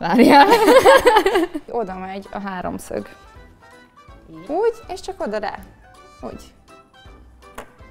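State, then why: Seated. A processor is lined up by its corner triangle marker and set down into the motherboard CPU socket while someone talks over music. A short, sharp click at 7.6 s marks the CPU seating into the socket.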